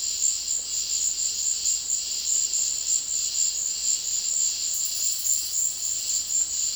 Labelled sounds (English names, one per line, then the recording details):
none
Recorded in dense forest near Puerto Asís, Putumayo, Colombia, on 19 February 2024 at 14:00
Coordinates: 0.485, -76.325
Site G6429